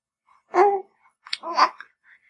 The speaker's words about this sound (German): Ja, und jetzt hört ihr gerade vielleicht noch eine andere Stimme. Hier sitzt gerade das Baby auf meinem Schoß,